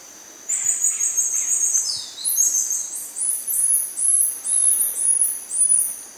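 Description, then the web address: Black-mantled tamarin calls, a long string of piercing high chirps in quick succession, mixed with falling whistled slurs, over a steady insect drone. Primate calling in the South American rainforest. "Natures Songs S America Primates of the Rainforest Black-mantle tamarin"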